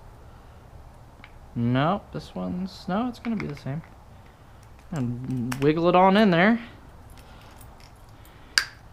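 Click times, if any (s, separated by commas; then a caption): 8.6 s. An ignition lock cylinder, with the key set in accessory mode, is wiggled into the steering column ignition housing of a 1978 Bronco while someone talks. At 8.6 s its retaining pin snaps home with a single sharp, loud pop, and the cylinder is seated.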